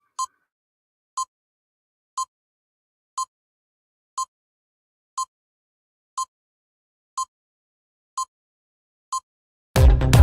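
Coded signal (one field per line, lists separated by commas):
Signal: none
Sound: intro music beeps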